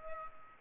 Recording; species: mosquito wingbeat signal from an infrared sensor; Culex pipiens